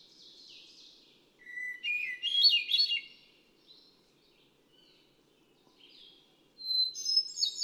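Hermit thrush song: a low clear whistle opening a swirling flourish of fluty notes, soft fading echoes, then a new higher-pitched phrase beginning.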